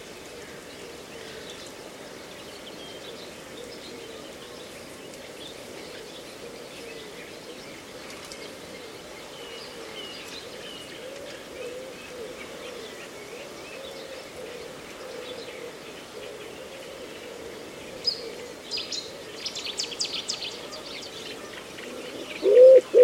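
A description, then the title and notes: A reedbed at Slapton Ley hums with a steady low murmur and faint bird calls, brighter chirps bursting in near the end. A mosaic of sounds recorded in a reedbed at Slapton Ley National Nature Reserve, Devon, UK. The sounds were recorded at dawn on three days in May 2023.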